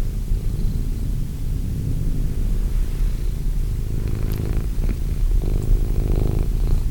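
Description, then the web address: Cat purring, a deep continuous rumble that grows stronger in the last seconds, with a few faint clicks. Cat named Wilson. "~pelikas CATSOUNDS Wilson Cat"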